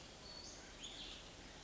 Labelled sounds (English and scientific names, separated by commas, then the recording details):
Cassin's Vireo (Vireo cassinii)
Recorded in Sonoma County, California